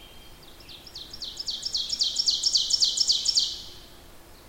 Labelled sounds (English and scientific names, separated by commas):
Ovenbird (Seiurus aurocapilla) song